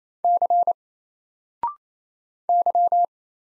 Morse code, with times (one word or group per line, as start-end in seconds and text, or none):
0.2-0.7 C
2.5-3.0 Y